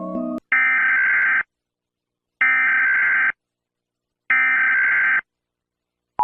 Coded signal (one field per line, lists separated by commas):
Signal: Emergency Alert System (SAME) tones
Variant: header bursts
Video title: 🌈🎨 | Pumpkin Zombies - EAS scenario #7